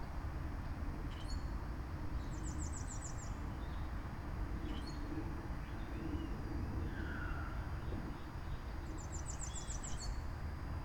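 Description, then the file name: Birds chirping: a high, fast trill early and another near the end, with scattered short chirps and one lower whistled note in between, over steady low rumble. Recorded outside. "Birds Chirping outside Krucifix Productions"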